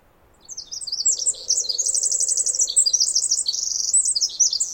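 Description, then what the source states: Pacific wren song: an energetic stream of piercing high trills and twittering notes, with a faint low hum underneath. Wild bird singing in trees above the microphone, then flying down closer, very loud; Snider Jackson/Rugged Ridge trail, May 11-13, 2018, morning after dawn chorus; unmastered recording.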